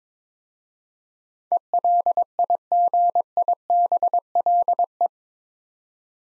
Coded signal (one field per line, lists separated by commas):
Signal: Morse code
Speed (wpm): 22 wpm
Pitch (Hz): 700 Hz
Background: none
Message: ELIGIBLE